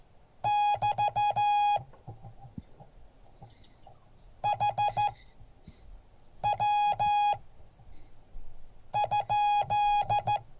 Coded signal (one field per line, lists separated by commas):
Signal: Morse code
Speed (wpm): 14 wpm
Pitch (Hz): 830 Hz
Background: none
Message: <BT> HW?